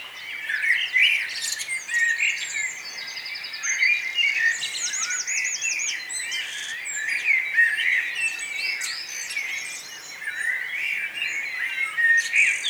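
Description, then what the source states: Morning bird chorus with loud chirps, looping warbled phrases and rapid trills from several singers, the song rising and dipping in intensity. Morning atmosphere at Nonnenhorn, 10 May 2009, 04:24; birdsong and twittering.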